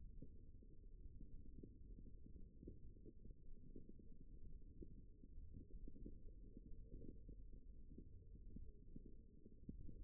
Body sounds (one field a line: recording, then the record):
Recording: forearm muscle sounds (acoustic myography)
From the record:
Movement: wrist flexion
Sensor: system 1, eight BSWA MPA416 microphones around the upper forearm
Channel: 4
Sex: female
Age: 21 years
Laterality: right